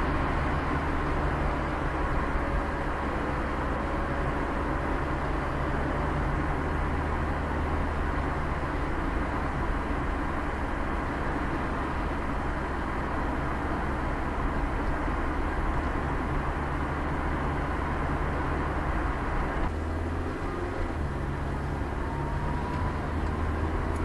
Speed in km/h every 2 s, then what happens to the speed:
62, 62, 62, 62, 62, 62, 62, 63, 65, 65, 64, 61.
0-19 steady at about 62.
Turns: none.